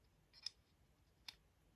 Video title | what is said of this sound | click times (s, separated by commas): EP9 Dodge Charger, can we drive it yet? | it locks into place then then we get this piece here | 0.5 s